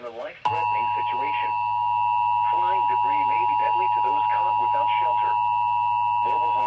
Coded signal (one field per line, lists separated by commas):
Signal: Emergency Alert System (SAME) tones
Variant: 853 and 960 Hz attention tone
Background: speech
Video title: (Xfinity) EAS TORNADO WARNINGS AGAIN ON TV AND RADIOS (7/12/2023) EAS #264-266